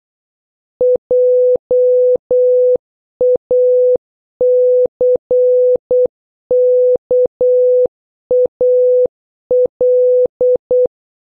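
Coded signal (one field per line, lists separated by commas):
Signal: Morse code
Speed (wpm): 8 wpm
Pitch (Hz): 500 Hz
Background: none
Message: JACKAL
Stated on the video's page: Morse code word practice using letters A to N, starting slow and gradually increasing in speed.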